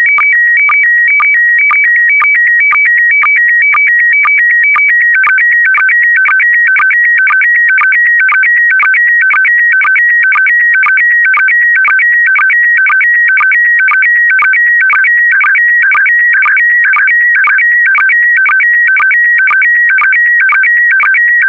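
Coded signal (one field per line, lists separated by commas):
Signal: SSTV (slow-scan television)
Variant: PD120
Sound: warbling tones between two pitches with a short low chirp about twice a second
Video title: (04 of 12) ISS Expedition 66 - MAI-75 February 2022 - Retransmission SSTV PD120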